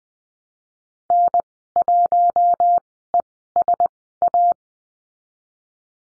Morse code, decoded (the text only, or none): N1ESA